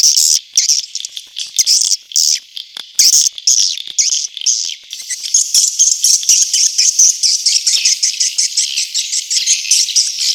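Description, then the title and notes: Swiftlet giving high, raspy chirps in broken bursts that settle into steady, rapid twittering. Asia; sound used in swiftlet farming to attract the birds. "Swiflet Bird Sound. Farming Swiflet Bird asia sound"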